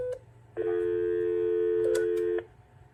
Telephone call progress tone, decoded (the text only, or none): dial tone